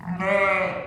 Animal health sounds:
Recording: contact call of a hoofed animal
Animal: sheep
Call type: low-frequency (closed-mouth) or high-frequency (open-mouth) call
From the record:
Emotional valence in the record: positive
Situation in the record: reunion with pen mate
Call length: 0.88 s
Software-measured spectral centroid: 1700 Hz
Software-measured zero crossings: 2000 a second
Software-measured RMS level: -23 dBFS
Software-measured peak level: -9 dBFS

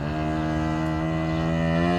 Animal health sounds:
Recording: contact call of a hoofed animal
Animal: cattle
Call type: low-frequency (closed-mouth) or high-frequency (open-mouth) call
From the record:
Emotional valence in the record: negative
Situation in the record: full separation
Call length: 2.1 s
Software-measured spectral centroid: 1420 Hz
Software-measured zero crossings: 1260 a second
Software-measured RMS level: -24 dBFS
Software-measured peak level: -11 dBFS

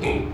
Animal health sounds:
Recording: contact call of a hoofed animal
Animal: pig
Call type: closed-mouth grunt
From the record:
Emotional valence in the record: negative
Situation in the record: short social isolation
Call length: 0.34 s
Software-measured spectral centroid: 1780 Hz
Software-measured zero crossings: 1300 a second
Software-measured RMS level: -24 dBFS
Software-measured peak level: -12 dBFS

